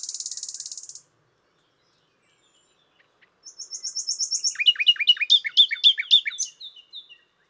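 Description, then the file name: Common nightingale song: a rapid buzzy high trill, a pause, then fast repeated rattling notes and sharp downslurred chirps building in loudness. "Luscinia megarhynchos"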